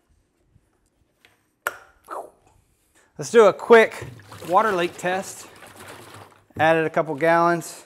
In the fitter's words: And our quick disconnect just pops right in.